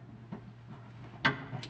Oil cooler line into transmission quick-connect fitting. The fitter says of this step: until you hear an audible click